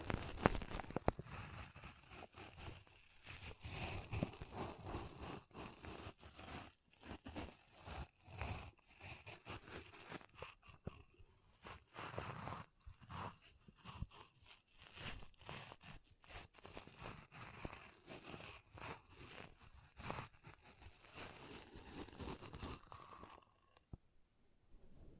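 Pom poms being squeezed and rubbed make dense, crackling rustles that come in quick bursts, broken by short silent gaps. The scratchy texture is fairly constant in level throughout, thinning out and going quiet in the last couple of seconds.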